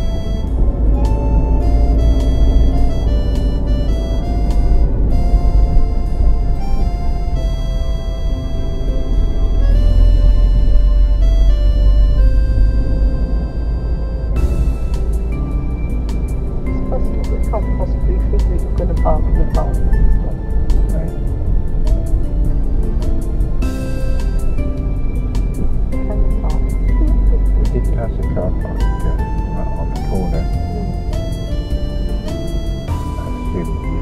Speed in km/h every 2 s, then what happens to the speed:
18, 18, 16, 13, 13, 16, 18, 18, 18, 15, 15, 13, 15, 16, 15, 15, 13.
0-34 steady at about 15.